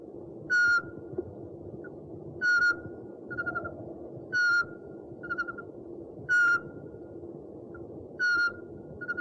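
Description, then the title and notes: Owl whistling single notes about every two seconds, with quieter short whistles, some doubled, between them, over a constant low background drone. One of 69 call variants from 11 owl species. "Sovy - Eulen - Owls. 69 variant hlasů - 11 druhů sov"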